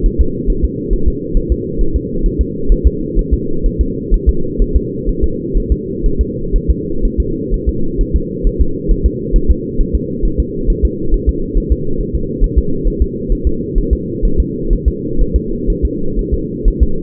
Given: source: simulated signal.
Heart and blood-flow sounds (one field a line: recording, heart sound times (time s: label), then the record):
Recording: fetal heart sounds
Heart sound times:
0.06 s: S1
0.21 s: S2
0.50 s: S1
0.65 s: S2
0.93 s: S1
1.08 s: S2
1.37 s: S1
1.52 s: S2
1.81 s: S1
1.96 s: S2
2.26 s: S1
2.41 s: S2
2.72 s: S1
2.87 s: S2
3.19 s: S1
3.34 s: S2
3.66 s: S1
3.81 s: S2
4.14 s: S1
4.29 s: S2
4.62 s: S1
4.77 s: S2
5.09 s: S1
5.24 s: S2
5.57 s: S1
5.72 s: S2
6.06 s: S1
6.21 s: S2
6.56 s: S1
6.71 s: S2
7.05 s: S1
7.20 s: S2
7.54 s: S1
7.69 s: S2
8.01 s: S1
8.16 s: S2
8.47 s: S1
8.61 s: S2
8.91 s: S1
9.06 s: S2
9.36 s: S1
9.51 s: S2
9.80 s: S1
9.95 s: S2
10.25 s: S1
10.40 s: S2
10.70 s: S1
10.85 s: S2
11.14 s: S1
11.29 s: S2
11.57 s: S1
11.72 s: S2
12.01 s: S1
12.15 s: S2
12.44 s: S1
12.59 s: S2
12.88 s: S1
13.02 s: S2
13.32 s: S1
13.47 s: S2
13.78 s: S1
13.93 s: S2
14.25 s: S1
14.40 s: S2
14.73 s: S1
14.88 s: S2
15.21 s: S1
15.36 s: S2
15.70 s: S1
15.85 s: S2
16.19 s: S1
16.34 s: S2
16.68 s: S1
16.83 s: S2
From the record:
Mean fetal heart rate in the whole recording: 130 bpm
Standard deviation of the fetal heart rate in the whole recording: 4 bpm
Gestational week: 38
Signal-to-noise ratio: -8.1 dB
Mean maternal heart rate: 72 bpm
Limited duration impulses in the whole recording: absent